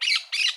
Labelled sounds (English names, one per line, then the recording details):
Brown-throated Parakeet contact call
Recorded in Curacao
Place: Hoffi Jan Thiel
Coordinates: 12.094, -68.877